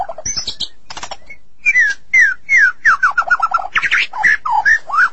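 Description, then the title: Magpie-robin or shama song: a rapid run of short whistled notes, some sliding down and some rising, after a burst of clicking sounds. "Suara Burung Murai"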